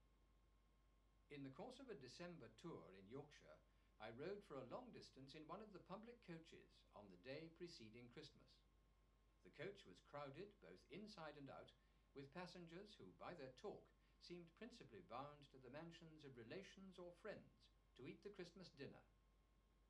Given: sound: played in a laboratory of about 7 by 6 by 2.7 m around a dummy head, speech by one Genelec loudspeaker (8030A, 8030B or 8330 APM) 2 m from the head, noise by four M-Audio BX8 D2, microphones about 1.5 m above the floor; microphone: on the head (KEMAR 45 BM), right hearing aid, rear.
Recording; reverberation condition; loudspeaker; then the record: male speech in English; low; 90 degrees to the right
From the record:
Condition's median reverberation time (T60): about 310 ms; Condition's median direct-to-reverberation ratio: about 3.5 dB